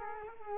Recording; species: mosquito wingbeat signal from an infrared sensor; Culex quinquefasciatus